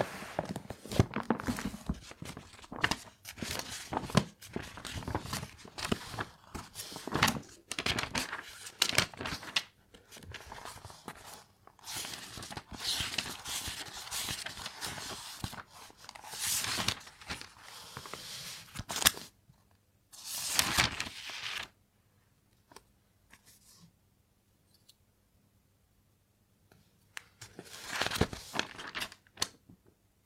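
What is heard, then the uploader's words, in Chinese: Pencil writing on paper, a dense run of scratchy strokes and short taps that fill most of the first twenty seconds. After a brief burst near the twentieth second the scratching stops, leaving a low steady hum, before a few final strokes return near the end. 铅笔写字沙沙声。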